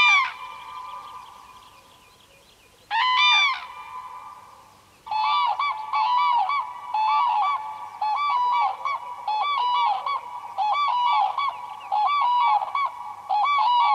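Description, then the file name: Common crane calls, two trumpeting notes with pauses, then a long run of loud bugling notes, overlapping and repeated. "sookurg"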